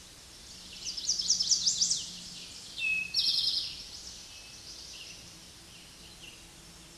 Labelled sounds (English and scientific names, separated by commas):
Eastern Towhee (Pipilo erythrophthalmus) song